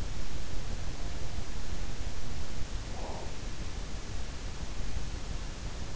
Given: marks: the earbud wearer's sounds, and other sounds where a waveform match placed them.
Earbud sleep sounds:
sounds in sleep by an in-ear microphone; breath
2.72-3.46 s: breath

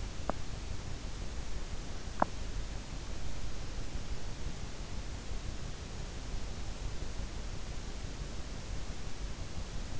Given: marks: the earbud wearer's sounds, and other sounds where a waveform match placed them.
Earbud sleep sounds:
sounds in sleep by an in-ear microphone; teeth grinding
0.00-0.75 s: teeth grinding
2.02-2.58 s: teeth grinding

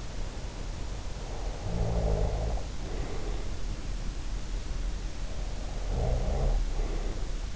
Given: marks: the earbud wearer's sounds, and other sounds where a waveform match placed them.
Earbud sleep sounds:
sounds in sleep by an in-ear microphone; snoring breath
0.90-3.56 s: snoring breath
5.29-7.56 s: snoring breath

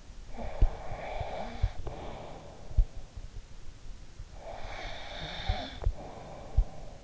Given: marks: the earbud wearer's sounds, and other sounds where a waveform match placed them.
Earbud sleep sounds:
sounds in sleep by an in-ear microphone; snoring breath
0.39-2.69 s: snoring breath
4.38-7.04 s: snoring breath

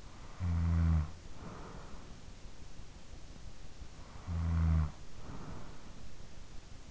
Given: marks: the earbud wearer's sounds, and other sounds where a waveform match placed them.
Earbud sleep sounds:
sounds in sleep by an in-ear microphone; snoring breath
0.00-2.65 s: snoring breath
3.47-6.57 s: snoring breath

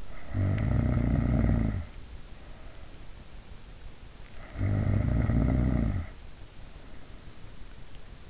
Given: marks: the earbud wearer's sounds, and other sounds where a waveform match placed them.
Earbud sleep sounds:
sounds in sleep by an in-ear microphone; snoring breath
0.00-2.05 s: snoring breath
4.05-6.34 s: snoring breath

